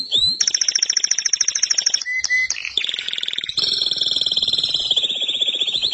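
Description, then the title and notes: Canary song: continuous rapid trills and buzzy rolled phrases, switching between a high pulsed trill and a lower steady whistled tone, with a brief pause near two seconds. "BM Suara Kenari. BM Suara Burung Kenari"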